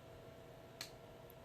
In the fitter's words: gently insert the receiver into the receptacle at 1 until you hear a click